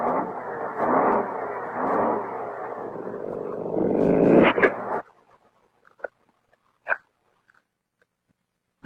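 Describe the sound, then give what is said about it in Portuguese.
A dog chews food with a steady, noisy crunching that lasts several seconds, then trails off into quiet broken by a few sharp, isolated clicks. “Você é um cachorro.”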